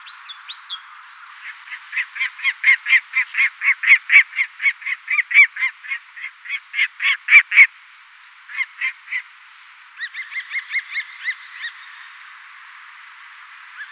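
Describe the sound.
Lanner falcon cackle, a steady series of harsh, grating notes about four a second, breaking off, then resuming in short bursts of thinner notes.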